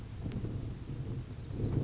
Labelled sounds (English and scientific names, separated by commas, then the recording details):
Grasshopper Sparrow (Ammodramus savannarum)
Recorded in Sonoma County, California